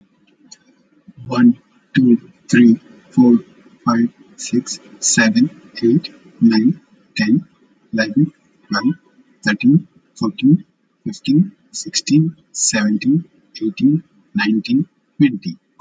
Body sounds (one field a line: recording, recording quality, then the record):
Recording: counting at a normal pace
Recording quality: excellent, no background noise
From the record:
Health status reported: exposed to COVID-19, no respiratory illness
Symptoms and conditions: none ticked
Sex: male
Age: 44 years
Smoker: not ticked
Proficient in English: yes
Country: India